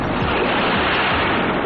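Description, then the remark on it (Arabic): Sea waves breaking in a steady, loud, hissing roar that washes on without pause for the whole short stretch, with no voices. “وسمعتك يا بحر”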